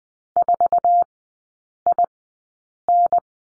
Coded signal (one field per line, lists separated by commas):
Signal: Morse code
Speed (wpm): 20 wpm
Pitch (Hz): 700 Hz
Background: none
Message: 4IN